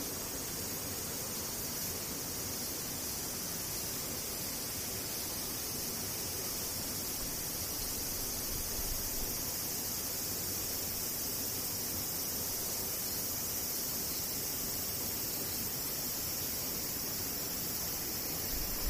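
Cicadas keep up a dense, steady, high-pitched buzzing drone for the whole clip, with a constant hiss underneath and no breaks.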